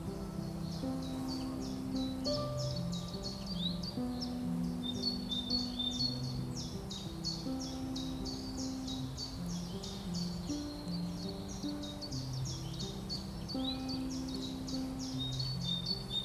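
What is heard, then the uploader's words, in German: A forest outing: dense, continuous high chirping from many birds or insects fills the air throughout, a rapid shimmering chatter. Beneath it, low steady tones shift in pitch every second or two, like a hum, with the overall level staying even. Ein Klangvoller Ausflug Durch den WALD.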